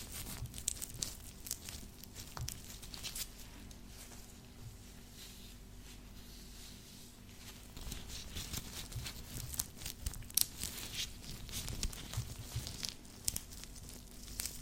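Gloved fingers scratch in irregular bursts, a dense, rough rustle with crinkly, crackling bits and frequent bright clicks. The scratching thins out a little around four to seven seconds, then grows busier and louder, with sharp peaks near ten and thirteen seconds. A faint low, steady hum runs underneath.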